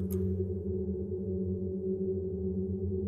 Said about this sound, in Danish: Og det gjorde jeg så helt op til 10 gange. Og på den måde lærede jeg rummets egen lyd, og på den måde begyndte de her toner at opstå, som man kan høre her.